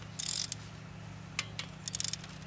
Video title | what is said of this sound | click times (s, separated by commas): How To Replace Broken Audi Cam Chain and Tensioner | I don't know if you heard that click that means it's torqued | 1.4 s